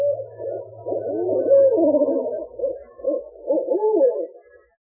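Owl hooting in low, wavering, overlapping notes, rising and falling continuously for about four seconds before fading out.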